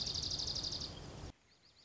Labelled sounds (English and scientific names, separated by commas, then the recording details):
Dark-eyed Junco (Junco hyemalis)
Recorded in Sonoma County, California